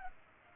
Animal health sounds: mosquito wingbeat signal from an infrared sensor; Culex pipiens

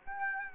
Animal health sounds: mosquito wingbeat signal from an infrared sensor; Aedes aegypti

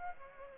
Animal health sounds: mosquito wingbeat signal from an infrared sensor; Aedes aegypti

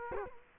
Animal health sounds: mosquito wingbeat signal from an infrared sensor; Culex quinquefasciatus

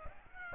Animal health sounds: mosquito wingbeat signal from an infrared sensor; Aedes aegypti

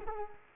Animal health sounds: mosquito wingbeat signal from an infrared sensor; Culex quinquefasciatus

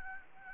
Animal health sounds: mosquito wingbeat signal from an infrared sensor; Anopheles gambiae

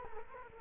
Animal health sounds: mosquito wingbeat signal from an infrared sensor; Culex quinquefasciatus

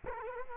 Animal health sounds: mosquito wingbeat signal from an infrared sensor; Culex quinquefasciatus

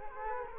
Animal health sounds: mosquito wingbeat signal from an infrared sensor; Culex quinquefasciatus

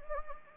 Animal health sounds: mosquito wingbeat signal from an infrared sensor; Anopheles gambiae

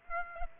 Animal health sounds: mosquito wingbeat signal from an infrared sensor; Aedes aegypti

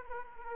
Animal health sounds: mosquito wingbeat signal from an infrared sensor; Anopheles arabiensis

